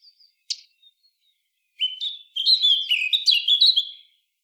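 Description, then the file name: Eurasian blackcap: a few faint high notes and a sharp click, then a rich, rapid warble of scratchy and fluty notes for about two seconds. "Sylvia atricapilla"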